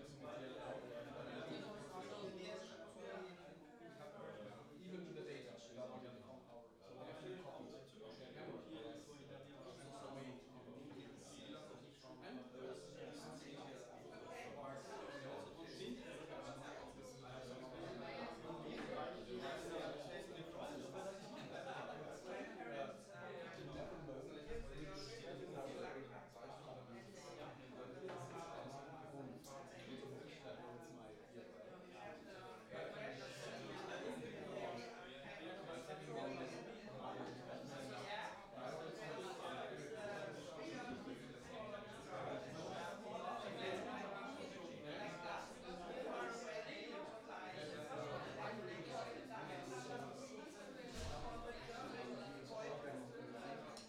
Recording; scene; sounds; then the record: everyday scene through a hearing-aid microphone; many people talking; many voices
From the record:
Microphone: in the ear canal, right